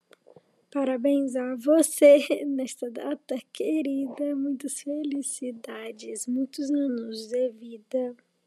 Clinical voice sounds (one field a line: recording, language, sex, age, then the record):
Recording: short text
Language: Brazilian Portuguese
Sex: female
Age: 20 to 29 years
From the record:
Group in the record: control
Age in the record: 26 years